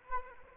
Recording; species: mosquito wingbeat signal from an infrared sensor; Anopheles arabiensis